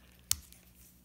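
On a cutaway GM 4L60E/4L80E/4L65E/4L70E automatic transmission wiring connector, the plastic locking lever has been bent aside with a pick and the metal terminal pin is pulled out of the plastic housing. One sharp, loud click lands at 0.3 seconds, with faint ticks around 0.2 and 0.5 seconds against a low background hum. The pin comes free and is released from the connector.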